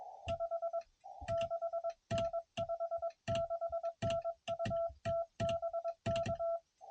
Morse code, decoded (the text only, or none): 5 6N 56N UT BK